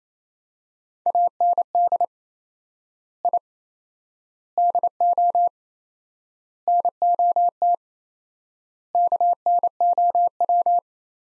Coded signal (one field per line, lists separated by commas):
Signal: Morse code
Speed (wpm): 28 wpm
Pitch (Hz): 700 Hz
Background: none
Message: AND I DO NOT KNOW